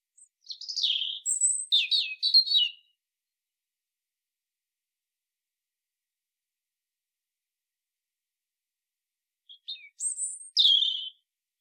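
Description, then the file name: European robin singing two short, high, warbling phrases with slurred descending notes, separated by about seven seconds of silence. "Erithacus rubecula"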